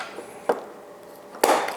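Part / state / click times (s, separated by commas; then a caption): camera back cover onto the camera body / seated / 1.4 s. After loading film, the hinged metal back cover of a Nikon FM2 manual SLR film camera is closed onto the camera body and pressed shut. A sharp tap sounds at 0.5 s, then a louder, crisp click at 1.4 s as the cover snaps shut and seats, the click that confirms it is properly closed.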